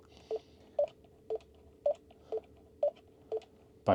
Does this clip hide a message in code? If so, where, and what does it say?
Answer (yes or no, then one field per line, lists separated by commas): no